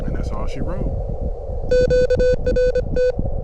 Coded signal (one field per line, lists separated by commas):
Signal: Morse code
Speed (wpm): 26 wpm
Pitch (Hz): 500 Hz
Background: speech, music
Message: QRT